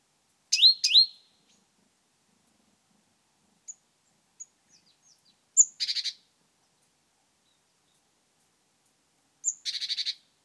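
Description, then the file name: Great tit scolding call: two downslurred chirps, then twice a high sharp note leading into a short buzzy churr of rapid pulses, with quiet pauses between. "Parus major"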